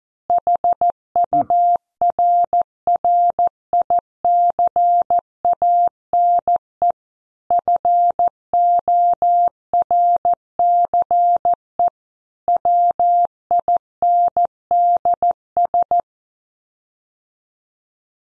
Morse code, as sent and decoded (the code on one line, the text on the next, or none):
.... ..- .-. .-. .. -.-. .- -. . / ..-. --- .-. -.-. . / .-- .. -. -.. ...
HURRICANE FORCE WINDS